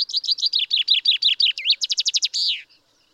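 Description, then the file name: Common chaffinch song: a fast rattling series of descending notes that speeds into a brighter trill and ends in a short slurred flourish, lasting about two and a half seconds. "Fringilla coelebs"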